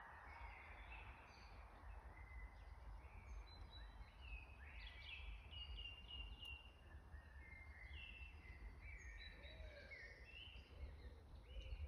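Spring birdsong in a sunlit beech forest: several birds call and sing, short bright phrases overlapping almost without pause. Beneath them runs a constant low rumble, steady for the whole twelve seconds, with a faint hiss above.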